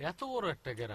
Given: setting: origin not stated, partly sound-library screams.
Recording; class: one-second piece from a danger detection set; normal situation